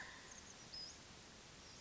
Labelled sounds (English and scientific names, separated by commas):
Oak Titmouse (Baeolophus inornatus)